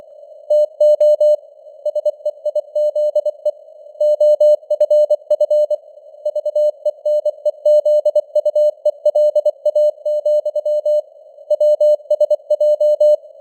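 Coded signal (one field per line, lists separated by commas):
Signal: Morse code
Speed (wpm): 24 wpm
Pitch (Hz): 600 Hz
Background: none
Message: TO SEIZE OFF VENEZUELA, WSJ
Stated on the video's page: Morse news headlines at 24 wpm with simulated radio noise and varying signal strength (QSB).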